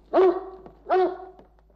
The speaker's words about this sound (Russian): Большой серый пес лает.